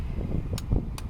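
A torque wrench set to 20 tightens the next cylinder head bolt over a low, steady rumble. It gives two sharp clicks at 0.6 s and 1.0 s, confirming it has reached its setting.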